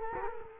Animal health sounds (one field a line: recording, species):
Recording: mosquito wingbeat signal from an infrared sensor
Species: Culex quinquefasciatus